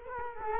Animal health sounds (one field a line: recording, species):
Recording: mosquito wingbeat signal from an infrared sensor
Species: Culex quinquefasciatus